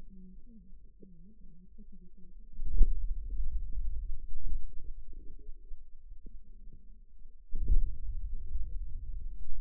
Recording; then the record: forearm muscle sounds (acoustic myography)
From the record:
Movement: hand closing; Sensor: system 2, bracelet of six BSWA MPA416 microphones around the upper forearm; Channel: 5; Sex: male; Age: 22 years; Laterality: right